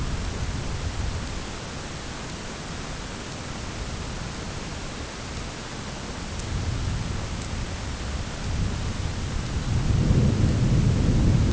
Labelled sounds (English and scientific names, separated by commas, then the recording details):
none
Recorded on Arctic tundra, site ZACK-1, on 10 June 2019
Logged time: 15:49